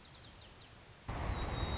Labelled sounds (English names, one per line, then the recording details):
White-crowned Sparrow
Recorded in Sonoma County, California